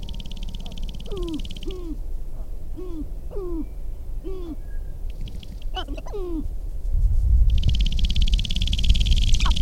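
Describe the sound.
Sharp-tailed grouse, a fast series of falling hooked notes, then overlapping calls and a dry, buzzy rattling sound near the end.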